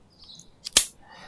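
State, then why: Released. A release button is pressed on a cocked spring-loaded core biopsy needle, firing the cutting needle forward and back. After a quiet start with a faint tick at about 0.7 s, a single sharp snap rings out at 0.8 s and fades over the next quarter second. The cutting needle is released.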